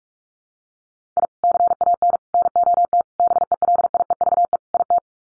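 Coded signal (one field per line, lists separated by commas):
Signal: Morse code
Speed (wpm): 44 wpm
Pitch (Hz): 700 Hz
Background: none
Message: I CAN NOT BELIEVE IT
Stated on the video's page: Morse practice drill of common 5-word sets at 45 wpm, each sent twice around a spoken version, for head-copy.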